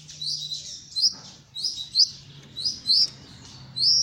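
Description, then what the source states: Canary chirps, short bright high notes delivered in small bursts about once a second over a faint low hum. Copper-coloured Belgian canary.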